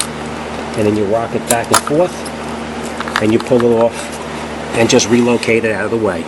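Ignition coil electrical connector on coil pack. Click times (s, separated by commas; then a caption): 0.0 s. The plastic locking clip on an ignition coil connector on the coil pack of a 2008 Honda Accord is pressed in and clicks at 0.0 s, releasing the connector. The connector is then rocked back and forth and pulled off while someone talks over a steady low hum.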